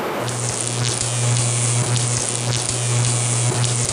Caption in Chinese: 你们会从功放当中听到好几种 耳鸣的声音。 这个声很像那个有电话进来，对对，受到干扰的。